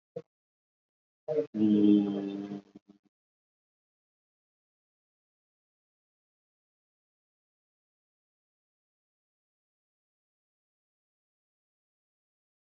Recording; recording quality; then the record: sustained vowel as in boot; moderate, slight background noise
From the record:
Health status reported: COVID-19 positive, no symptoms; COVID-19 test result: positive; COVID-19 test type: RT-PCR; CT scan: not taken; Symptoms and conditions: ischaemic heart disease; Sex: male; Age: 45 years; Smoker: yes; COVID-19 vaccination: one dose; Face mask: worn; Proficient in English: no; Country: India